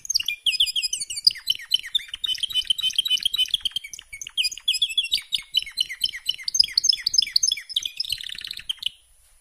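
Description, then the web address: Canary singing a long, busy stream of rapid twittering notes and rolling trills that ends with a buzzy burst. "honarfardi Canary Sound"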